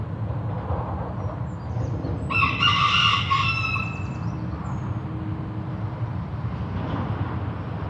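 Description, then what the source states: Chicken: rooster crow, a single hoarse cock-a-doodle-doo of about a second and a half, set against a constant drone of passing vehicles. Recorded with road traffic in the background.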